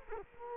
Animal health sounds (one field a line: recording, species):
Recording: mosquito wingbeat signal from an infrared sensor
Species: Culex quinquefasciatus